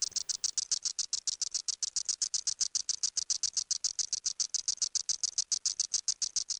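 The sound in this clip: Cicada call, a high, dry, rattling buzz pulsing rapidly and steadily without pause throughout.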